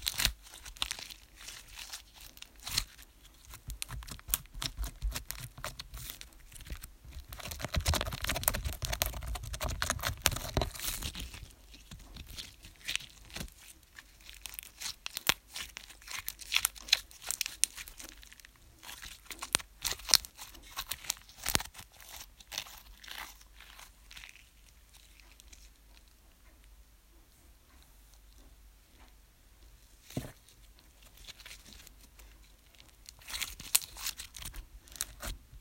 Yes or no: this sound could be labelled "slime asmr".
yes